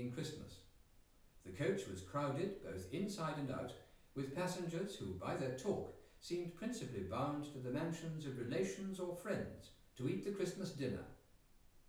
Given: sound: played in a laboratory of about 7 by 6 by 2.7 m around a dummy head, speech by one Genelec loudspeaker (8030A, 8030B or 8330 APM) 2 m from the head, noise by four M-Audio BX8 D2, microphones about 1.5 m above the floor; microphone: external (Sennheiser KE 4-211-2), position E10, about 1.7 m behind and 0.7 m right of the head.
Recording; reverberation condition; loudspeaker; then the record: male speech in English; medium; 30 degrees to the right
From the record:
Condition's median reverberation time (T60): about 510 ms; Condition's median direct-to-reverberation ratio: about -0.5 dB